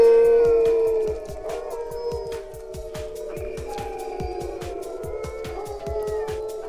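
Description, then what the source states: Dogs howling together, several overlapping drawn-out tones at different pitches weaving for several seconds, over steady rhythmic clicking. Whole group of sled dogs howling together in the Yukon, likened to a choir as the sun came out and they relaxed; howling described as a mood, like joining in singing.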